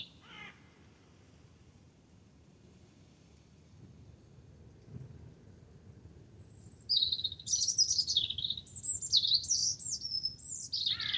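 Wren song: a brief high note at the start, several quiet seconds, then a rapid, high-pitched jumble of twittering notes and trills in the last few seconds over faint low background hiss.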